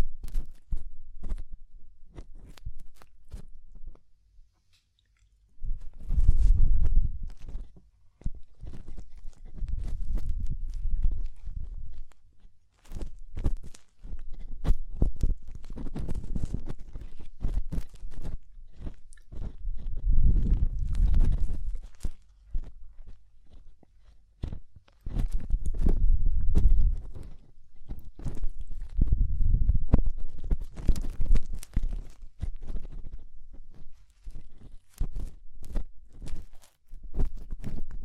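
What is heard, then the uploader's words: Ear cleaning sounds: irregular crackly scratches and soft crunching taps, with low rumbling swells around seconds 6, 20, 26 and 30. ASMR DEEP Ear Penetrating Cleaning (No Talking).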